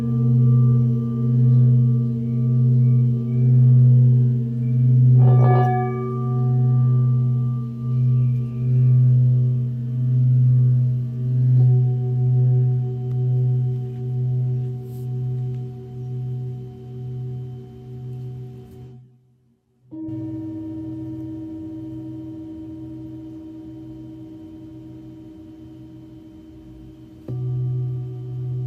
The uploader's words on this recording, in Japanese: メキシコから シンギングボウルのサウンドヒーリング。